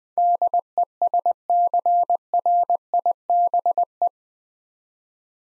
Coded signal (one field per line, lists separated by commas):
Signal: Morse code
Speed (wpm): 20 wpm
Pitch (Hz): 700 Hz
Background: none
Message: DESCRIBE